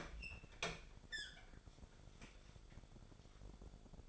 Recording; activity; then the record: daily activity, microphone in the room; open fridge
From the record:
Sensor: 5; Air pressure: 1004.7 hPa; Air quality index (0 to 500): 157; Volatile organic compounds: 3 ppm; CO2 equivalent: 1485 ppm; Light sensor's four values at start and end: 20/45/18/16 and 22/51/20/19